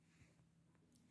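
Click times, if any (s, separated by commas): 1.0 s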